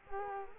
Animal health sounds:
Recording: mosquito wingbeat signal from an infrared sensor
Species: Culex quinquefasciatus

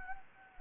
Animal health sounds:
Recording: mosquito wingbeat signal from an infrared sensor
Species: Anopheles gambiae

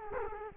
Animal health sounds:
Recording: mosquito wingbeat signal from an infrared sensor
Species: Culex quinquefasciatus

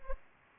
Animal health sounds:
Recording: mosquito wingbeat signal from an infrared sensor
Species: Culex pipiens

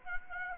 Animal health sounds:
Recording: mosquito wingbeat signal from an infrared sensor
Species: Aedes aegypti

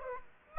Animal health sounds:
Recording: mosquito wingbeat signal from an infrared sensor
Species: Aedes aegypti

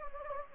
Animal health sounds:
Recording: mosquito wingbeat signal from an infrared sensor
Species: Anopheles gambiae

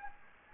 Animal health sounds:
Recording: mosquito wingbeat signal from an infrared sensor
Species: Anopheles gambiae

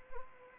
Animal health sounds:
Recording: mosquito wingbeat signal from an infrared sensor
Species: Anopheles arabiensis

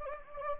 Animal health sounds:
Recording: mosquito wingbeat signal from an infrared sensor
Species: Anopheles gambiae

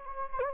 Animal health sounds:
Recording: mosquito wingbeat signal from an infrared sensor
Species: Anopheles gambiae

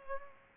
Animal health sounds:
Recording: mosquito wingbeat signal from an infrared sensor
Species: Culex pipiens

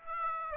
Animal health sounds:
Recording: mosquito wingbeat signal from an infrared sensor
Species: Aedes aegypti

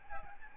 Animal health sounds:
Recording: mosquito wingbeat signal from an infrared sensor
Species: Aedes albopictus

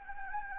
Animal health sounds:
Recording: mosquito wingbeat signal from an infrared sensor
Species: Anopheles gambiae

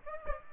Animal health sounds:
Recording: mosquito wingbeat signal from an infrared sensor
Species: Aedes aegypti

